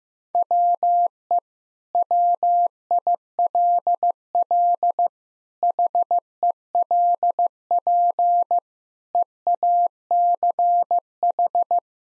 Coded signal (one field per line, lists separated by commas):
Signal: Morse code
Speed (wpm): 16 wpm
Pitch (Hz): 700 Hz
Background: none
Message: WE WILL HELP EACH